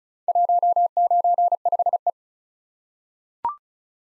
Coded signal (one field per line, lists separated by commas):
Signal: Morse code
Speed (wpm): 36 wpm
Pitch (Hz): 700 Hz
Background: none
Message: 195E